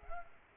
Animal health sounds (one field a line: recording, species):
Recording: mosquito wingbeat signal from an infrared sensor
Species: Culex pipiens